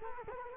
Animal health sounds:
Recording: mosquito wingbeat signal from an infrared sensor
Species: Culex quinquefasciatus

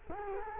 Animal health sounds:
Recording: mosquito wingbeat signal from an infrared sensor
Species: Culex quinquefasciatus

